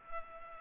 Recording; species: mosquito wingbeat signal from an infrared sensor; Culex pipiens